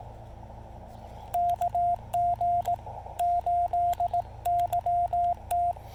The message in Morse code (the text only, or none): KG8YT